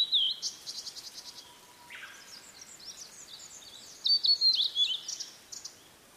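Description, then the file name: Blue-and-white flycatcher song: a whistled phrase at the start, a fast ticking trill, and another whistled phrase later. "oruri"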